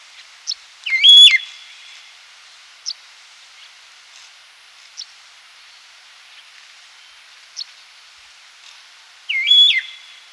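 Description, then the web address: Starling calls: a loud slurred whistle near the start, soft clicks scattered through, and a similar whistle returning at the end. "Bird Calls Starling"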